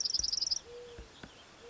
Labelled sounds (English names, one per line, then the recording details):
Mourning Dove
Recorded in Sonoma County, California